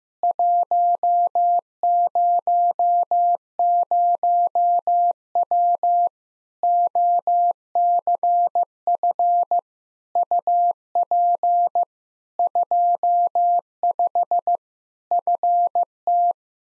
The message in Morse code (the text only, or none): 100W OCF UP 25 FT